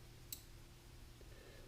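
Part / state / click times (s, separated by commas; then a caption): wire terminal into plastic connector housing / seated / 0.3 s. A wire terminal, released by pressing its small locking prong, is pushed back into its cavity in the plastic connector of a Grand Wagoneer or FSJ power mirror controller. A single sharp, bright click at 0.3 s marks the terminal locking back into the housing, over a steady low hum. The terminal is seated.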